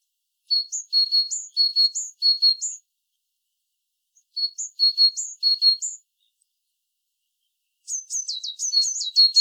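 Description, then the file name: Great tit repeating bright two-note phrases in two bursts, followed by a faster, denser series of rising and falling high notes at the end. "Parus major"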